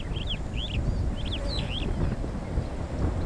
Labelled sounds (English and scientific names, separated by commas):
Superb Starling (Lamprotornis superbus) flight call